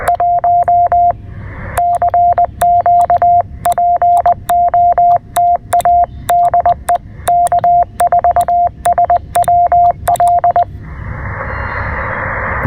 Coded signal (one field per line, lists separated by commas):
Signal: Morse code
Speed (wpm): 18 wpm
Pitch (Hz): 690 Hz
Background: radio noise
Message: 1 CQ POTA DE K4SWL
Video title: Escaping the Heat: Early Morning POTA Activation at William B. Umstead State Park!